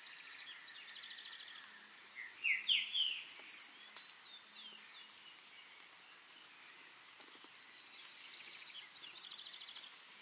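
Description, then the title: Scale-throated hermit giving high, sharp squeaks in short bursts, preceded by some lower rising notes. Nominate subspecies Phaethornis eurynome eurynome. "LuckyPassaro Completos2Sama. Scale-throated Hermit (Phaethornis eurynome eurynome)"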